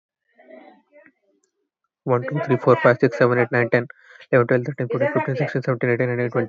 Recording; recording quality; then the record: counting at a fast pace; excellent, no background noise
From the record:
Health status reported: healthy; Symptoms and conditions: none ticked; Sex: male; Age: 20 years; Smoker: not ticked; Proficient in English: yes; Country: India